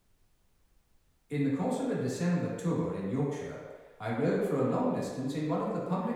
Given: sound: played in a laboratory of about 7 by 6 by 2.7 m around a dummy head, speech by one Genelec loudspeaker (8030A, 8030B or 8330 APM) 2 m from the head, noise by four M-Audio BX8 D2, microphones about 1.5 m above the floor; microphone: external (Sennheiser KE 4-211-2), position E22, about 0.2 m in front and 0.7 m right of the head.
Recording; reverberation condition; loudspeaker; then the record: male speech in English; high; 150 degrees to the left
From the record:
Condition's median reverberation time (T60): about 1300 ms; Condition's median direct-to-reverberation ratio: about -4.0 dB